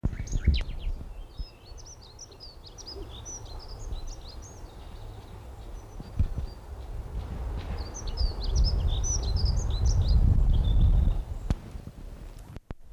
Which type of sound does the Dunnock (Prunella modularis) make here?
song